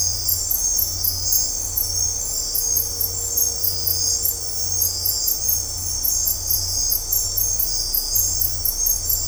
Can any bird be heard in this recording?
no